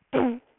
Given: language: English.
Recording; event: throat vibration sensor signal played as sound; throat clearing